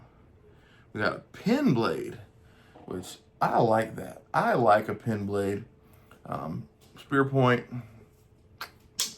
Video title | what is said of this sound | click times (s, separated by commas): Saturday Stockman Stampede | I dig that you hear that snap boy | 9.0 s